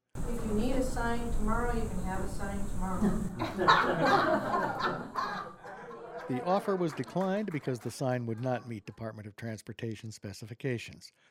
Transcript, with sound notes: If you need a sign tomorrow, you can have a sign tomorrow (laughter) The offer was declined because the sign would not meet Department of Transportation specifications.